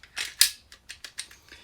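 The retention release button on a plastic OWB holster is pressed and the pistol is drawn straight out, with a sharp click at 0.4 s as the retention releases. A brief scraping rustle comes just before the click, and softer clicks and taps follow near 0.7, 0.9, 1.0 and 1.2 s. The pistol comes free of the holster.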